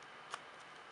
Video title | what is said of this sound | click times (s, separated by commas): LoongSoul 1/4 Female Body Review | but that's easily fixed but you can slouch it clicks into place initially | 0.3 s